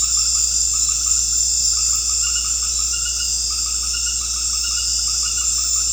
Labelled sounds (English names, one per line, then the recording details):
none
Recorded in secondary vegetation near Puerto Asís, Putumayo, Colombia, on 9 March 2025 at 19:00
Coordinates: 0.484, -76.319
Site G010